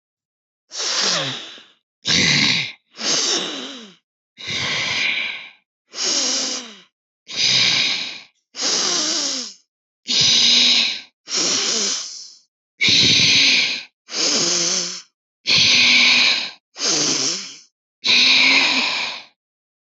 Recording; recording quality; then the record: deep breathing; excellent, no background noise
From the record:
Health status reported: healthy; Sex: female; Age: 52 years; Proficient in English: yes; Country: India